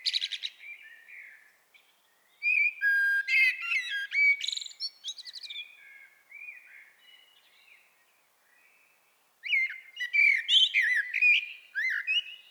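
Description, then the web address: Common blackbird singing several phrases: fluted whistles mixed with sharp, high twittering, a softer warbled stretch, then another loud chattering burst. "SETE data Turdus merula"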